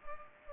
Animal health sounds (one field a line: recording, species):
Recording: mosquito wingbeat signal from an infrared sensor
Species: Culex pipiens